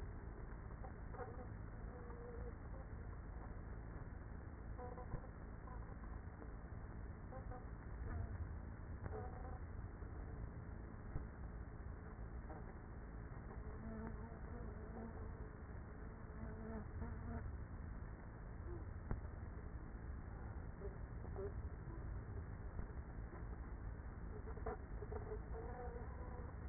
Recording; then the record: honeybee colony, microphone inside the hive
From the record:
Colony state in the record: queenless with a low population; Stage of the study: after two queens were removed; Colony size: about 30,000 bees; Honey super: no